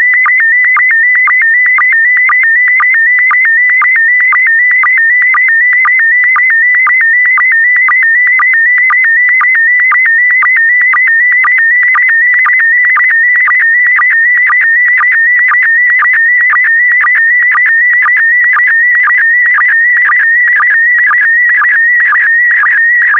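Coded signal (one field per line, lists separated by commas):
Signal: SSTV (slow-scan television)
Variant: PD120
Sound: continuous warbling whistle near 2 kHz with a short low blip twice each second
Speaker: Five, four, three, two, one. Thank you. Transmission complete.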